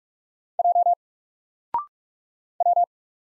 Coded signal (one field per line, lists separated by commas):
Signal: Morse code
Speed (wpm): 44 wpm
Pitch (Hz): 700 Hz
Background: none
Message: J W